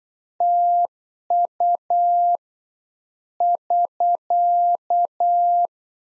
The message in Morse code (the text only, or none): TU <SK>